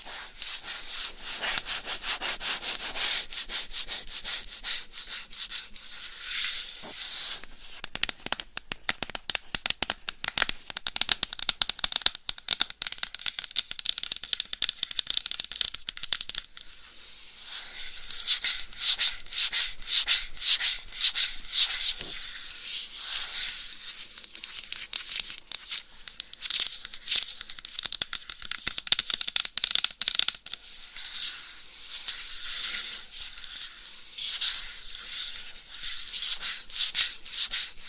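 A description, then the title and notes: Dummy head mic scratching and rubbing fills the recording with dense, bright, raspy strokes, steady and continuous with quick repeated scrapes. Brief lulls near 8, 17 and 30 seconds break the pattern before the scratching resumes at full intensity. Dummy Head Mic Scratching , Massage & Tapping.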